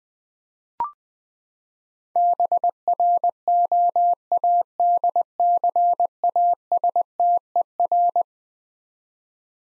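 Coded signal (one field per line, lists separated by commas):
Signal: Morse code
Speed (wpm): 21 wpm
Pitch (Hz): 700 Hz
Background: none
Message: BROADCASTER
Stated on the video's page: Morse head-copy drill of eleven-letter words at 20 wpm, each word sent twice.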